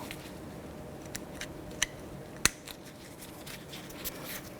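An outer brake pad for a 2006–2012 Toyota RAV4 front caliper is angled in and pushed into the caliper bracket clips. A few faint ticks lead up to a sharp metallic snap at 2.4 s as the pad seats in the bracket clip. Someone talks.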